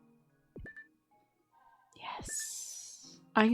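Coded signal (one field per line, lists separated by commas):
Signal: none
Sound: game sound beeps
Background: speech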